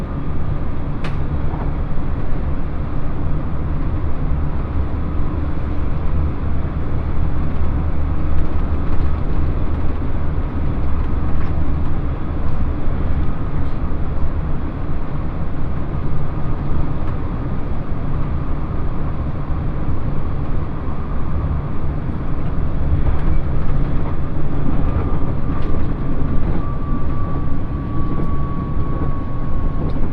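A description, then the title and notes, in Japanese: A ride aboard the Ishizuchi 101 limited express on the Yosan Line, from Imabari toward Matsuyama. A steady, dense low rumble and roar of the running train fills the whole clip, with a faint thin whine gliding slowly downward and occasional small clicks and knocks. 鉄道旅 予讃線特急いしづち101号 今治→松山。列車はアンパンマン編成の5両で4両が自由席になります。停車駅は伊予北条のみで35分くらいノンストップになります。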